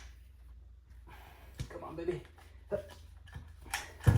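A stubborn front wheel is worked into the frame of a Bugaboo Donkey 5 Twin stroller, with short knocks and rattles of handling around 1.6, 3.3 and 3.7 seconds while someone talks. The wheel resists, and nothing has seated or clicked yet by the end of the clip.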